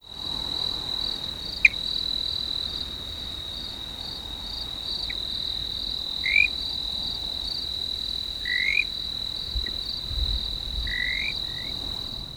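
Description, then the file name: Cliff chirping frog giving short, sharp chirps, single and spaced one to a few seconds apart, over a steady high-pitched insect drone that runs throughout. "emarnockiisanderson"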